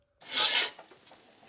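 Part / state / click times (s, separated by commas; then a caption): spring-loaded tab into the support bar hole / not seated / none. A misaligned spring-loaded tab on a drywall lift is pushed back toward the hole in the support bar, making a loud rasping scrape from about 0.2 to 0.7 seconds. A few faint, soft taps follow. Nothing has seated or clicked yet.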